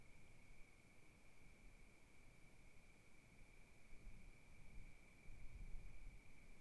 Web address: Sonniss com - GDC 2018-Game Audio Bundle Discover Oregon - Wilderness Crickets Crickets 2015 Kiger Lookout Night Crickets Gusts Gentle